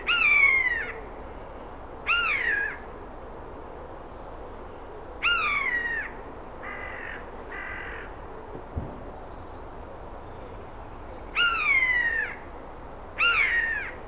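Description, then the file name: Eurasian jay mewing: long, downslurred nasal calls repeated irregularly, with two shorter, softer notes in the middle of the sequence, over low background noise. "Garrulus glandarius"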